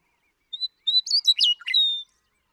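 Western meadowlark singing one phrase of pure whistles that breaks into a rapid gurgling jumble and closes on a drawn-out whistle.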